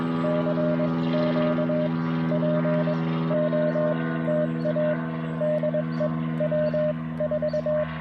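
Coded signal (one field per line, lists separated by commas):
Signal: Morse code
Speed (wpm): 21 wpm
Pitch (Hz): 590 Hz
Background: none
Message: CQ POTA DE W4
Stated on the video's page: QRP POTA activation in a national forest using a Mountain Topper MTR4B V2 with an Alex Loop magnetic loop antenna, battery and solar powered.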